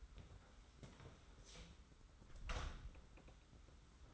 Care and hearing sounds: daily activity, microphone in the room; close door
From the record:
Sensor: 3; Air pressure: 991.5 hPa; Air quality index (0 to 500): 144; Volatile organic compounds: 382 ppm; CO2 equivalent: 4641 ppm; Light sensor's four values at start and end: 41/116/47/41 and 41/116/47/41

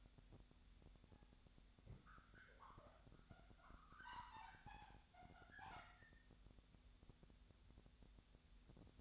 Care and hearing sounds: daily activity, microphone in the room; wipe stove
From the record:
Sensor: 3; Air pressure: 1007.1 hPa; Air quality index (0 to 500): 205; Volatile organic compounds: 18 ppm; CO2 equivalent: 2626 ppm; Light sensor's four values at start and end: 11/27/11/11 and 11/27/11/11

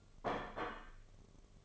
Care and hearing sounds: daily activity, microphone in the room; place plate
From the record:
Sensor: 4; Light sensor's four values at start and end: 5/12/4/4 and 5/12/4/4

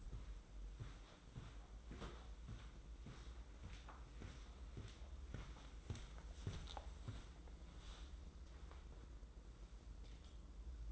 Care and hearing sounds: daily activity, microphone in the room; walk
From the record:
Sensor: 3

